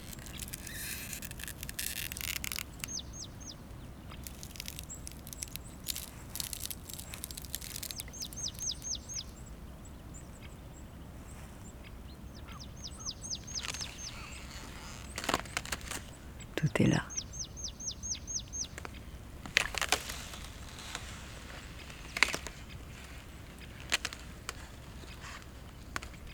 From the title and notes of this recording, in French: Lac Gelé. Silences poudreux et cristaux en apesanteur, dans l'épaisseur vibrante d'un moment au bord d'un lac dans le Jura. Là où même la glace se plie à la morsure du froid et se fend des chants les plus étranges, au rythme des bulles qui s'échappent.